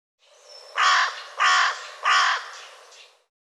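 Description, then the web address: Bird calling with three loud, harsh, hoarse caw notes roughly two-thirds of a second apart, with softer rasping sounds before and after. "cianscape birddata Deverinetal 2025 File cleaned normalized Bird"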